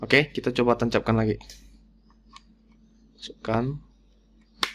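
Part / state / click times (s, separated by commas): mechanical key switch into keyboard PCB hot-swap socket / seated / 4.6 s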